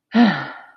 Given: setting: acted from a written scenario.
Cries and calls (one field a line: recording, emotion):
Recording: vocal sound without words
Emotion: pride